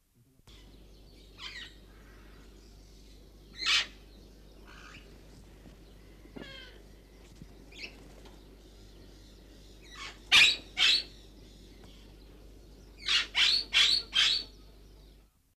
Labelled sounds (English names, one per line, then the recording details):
White-capped Parrot call
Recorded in captivity
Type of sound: call
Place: Loro Parque Tenerife, Provinz Santa Cruz de Tenerife, ES
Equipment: Halbspur, 9,5 cm/s
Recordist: Lütgens, Hans
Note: Rufe. Die lauteren Rufe stammen von der Art